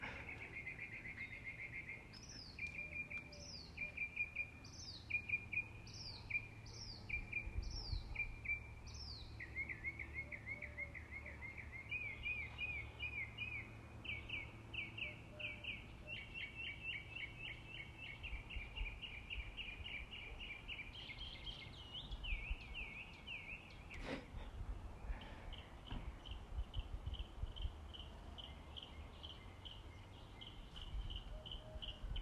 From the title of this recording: birds singing